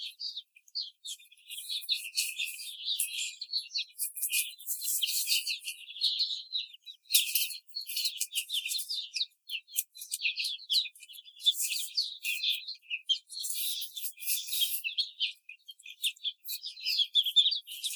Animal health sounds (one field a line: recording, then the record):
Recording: young laying hens in a cage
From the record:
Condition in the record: treatment cage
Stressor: simulated dog barking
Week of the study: 5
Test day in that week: 1